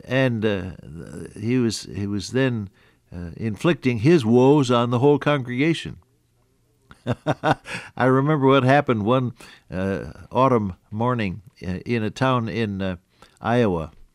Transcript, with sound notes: And he was, he was then inflicting his woes on the whole congregation. (Laughs) I remember what happened one autumn morning in, in a town in Iowa.